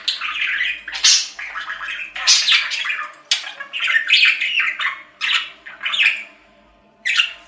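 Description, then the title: Budgerigar chatter: bursts of scratchy, warbling chirps and squawks in uneven phrases, with brief pauses between bursts and a quiet steady hum beneath. "Budgie Sounds"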